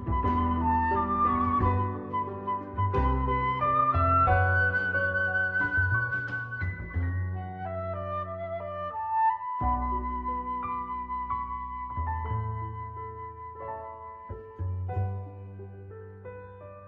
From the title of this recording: OST with rain ambience